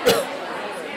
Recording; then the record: coughing mixed with background sound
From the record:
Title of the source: Coughing Woman Sound - Woman Cough Sound Effect